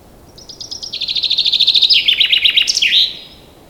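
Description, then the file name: Common chaffinch singing one cascading phrase of rapid bright notes, stepping down in pitch and finishing with an emphatic terminal flourish, with faint steady hiss behind. "Fringilla coelebs"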